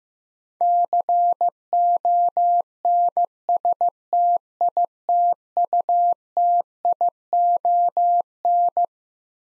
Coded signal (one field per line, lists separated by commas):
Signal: Morse code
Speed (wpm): 15 wpm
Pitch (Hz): 700 Hz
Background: none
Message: CONSTITUTION